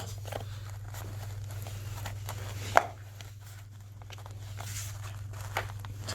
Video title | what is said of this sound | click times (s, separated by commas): Plastic Ceiling Cladding - 2 Part Coving Trim | that nice snap click yes you feel it and oh yeah the trim is now back in place and | 2.8 s